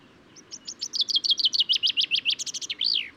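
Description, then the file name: Common chaffinch delivers one full song: many quick bright notes in a cascading trill, ending with a drawn-out downward flourish. Male singing, recorded at Důl Bílého Labe, Czech Republic, on 22 May 2018. "cchaffin-coelebs-1-M-S cz dul-bileho-labe"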